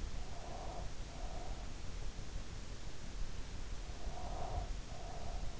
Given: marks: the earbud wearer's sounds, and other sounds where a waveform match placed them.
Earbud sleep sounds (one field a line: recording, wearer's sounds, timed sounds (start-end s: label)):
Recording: sounds in sleep by an in-ear microphone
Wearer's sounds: breath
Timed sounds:
0.25-1.64 s: breath
3.89-5.57 s: breath